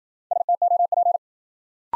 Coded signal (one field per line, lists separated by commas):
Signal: Morse code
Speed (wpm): 51 wpm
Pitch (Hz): 700 Hz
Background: none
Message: STOP